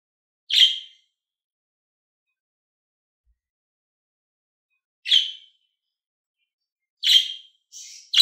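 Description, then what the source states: Lovebird making a few shrill, clipped chirps separated by long silent gaps, ending in a quicker run of three harsh calls. Happy lovebird.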